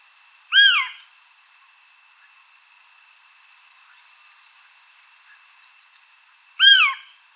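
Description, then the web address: Eurasian scops owl gives a single soft, downward-curving piping note, repeated once after about six seconds, with continuous shrill insect buzzing behind. "otus scops call"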